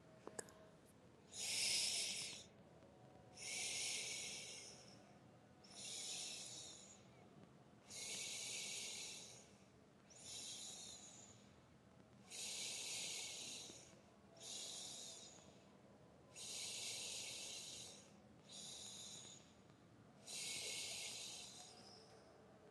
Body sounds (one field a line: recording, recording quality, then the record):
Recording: deep breathing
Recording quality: excellent, no background noise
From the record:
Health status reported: COVID-19 positive, mild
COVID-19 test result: positive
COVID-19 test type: rapid antigen test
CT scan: not taken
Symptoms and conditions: cough, sore throat, fever, fatigue, muscle pain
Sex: female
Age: 25 years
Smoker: no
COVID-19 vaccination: both doses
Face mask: not worn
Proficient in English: yes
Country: India